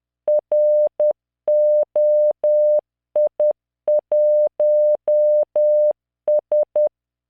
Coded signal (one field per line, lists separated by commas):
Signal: Morse code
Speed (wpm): 10 wpm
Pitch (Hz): 600 Hz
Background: none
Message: ROI1S